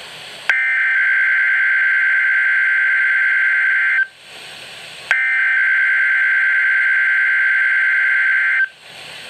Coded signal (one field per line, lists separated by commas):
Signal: Emergency Alert System (SAME) tones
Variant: header bursts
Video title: KIH-42 Required Weekly Test (EAS #123)